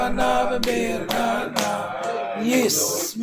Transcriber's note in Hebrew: מחיאות כפיים